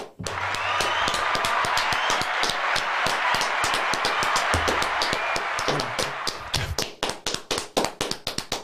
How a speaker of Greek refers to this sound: θα βάλεις κονσέρβα ή να χειροκροτήσουμε αυθόρμητα? Δεν θα βάλω κονσέρβα σε κάτι τέτοιο. Να το κάνουμε μαζί. Ναι. Μαζί. Βάλε και την κονσέρβα.